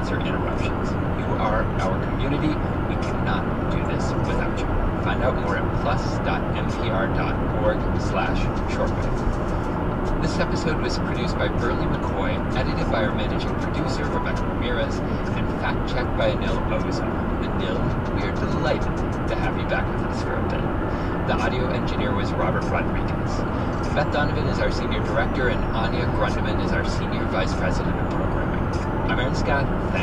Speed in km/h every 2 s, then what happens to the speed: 119, 118, 118, 118, 116, 114, 116, 116, 116, 116, 116, 118, 118, 118, 119.
0-30 steady at about 118.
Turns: none.